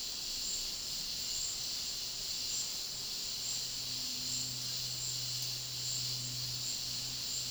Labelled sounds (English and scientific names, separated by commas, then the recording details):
none
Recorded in dense forest near Puerto Asís, Putumayo, Colombia, on 20 February 2024 at 13:30
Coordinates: 0.485, -76.325
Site G6429